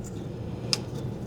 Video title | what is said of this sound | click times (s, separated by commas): BACK FROM HIATUS! MEGA! MEGA! Accessories Installation Video | install that there's a click and a lock just tuck that down in into the way | 0.7 s